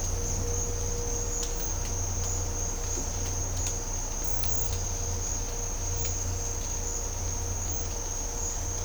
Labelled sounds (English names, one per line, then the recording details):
none
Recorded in dense forest near Puerto Asís, Putumayo, Colombia, on 26 December 2024 at 06:30
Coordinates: 0.503, -76.323
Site G043